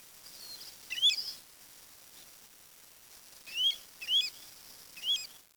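Bird calls: four short, bright rising chirps, one alone and then three close together near the end, over a steady low hiss.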